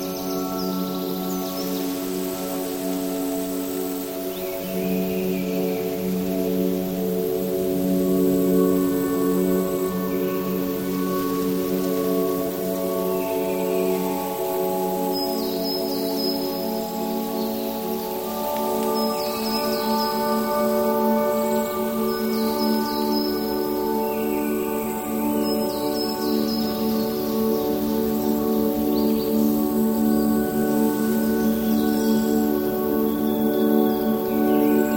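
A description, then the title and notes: Enchanted forest ambience: a steady bed of sustained, bell-like music tones rings low and mid-high throughout, slowly shifting. Bright chirping bird calls flicker above it every few seconds, with soft leaf rustling and a faint hiss underneath, growing slightly fuller after five seconds. Enchanted Forest Ambience. Relax among rustling leaves, chirping birds, and playful fairies in an enchanted forest during Autumn. Tranquil music and nature sounds.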